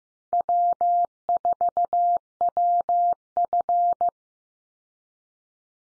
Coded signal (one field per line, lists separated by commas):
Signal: Morse code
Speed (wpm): 15 wpm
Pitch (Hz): 700 Hz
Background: none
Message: W4WF